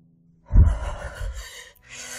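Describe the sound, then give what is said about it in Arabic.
A sharp, sudden gasp from a man in freezing snow in a radio drama bursts in after a moment of silence. It is a loud, airy intake of breath, with white vapour rising from his lips, that trails off into breathy noise. A second, softer breath follows. No one speaks. “شهق فتصاعد البخار الأبيض من بين شفتيه وهمس.”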